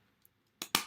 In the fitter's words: stick it there so you have to just press it hear the click and make sure that the camera is